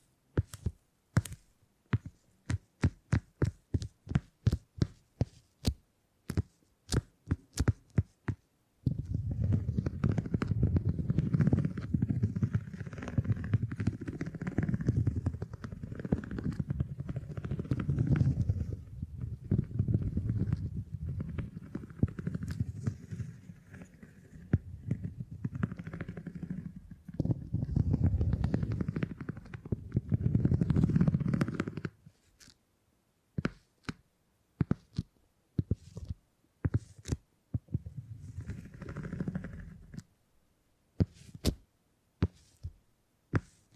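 Beeswax being handled, opening with a run of sharp, regular clicks and taps for about nine seconds. A dense, low, kneading squish then runs steadily until around 31 seconds. Scattered crisp clicks return, spaced irregularly, to the end.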